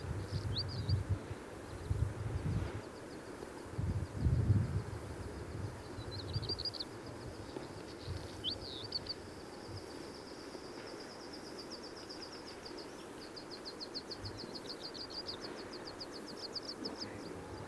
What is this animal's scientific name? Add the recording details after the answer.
Rupicapra rupicapra. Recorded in the wild. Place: Sibiu, Mountain, Transilvania, RO. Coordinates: 45.803, 24.145. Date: 1976-05-21. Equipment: Nagra III BH, Sennheiser MD 21, parabola. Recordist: Schubert, Michael